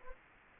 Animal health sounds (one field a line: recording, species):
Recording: mosquito wingbeat signal from an infrared sensor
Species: Anopheles gambiae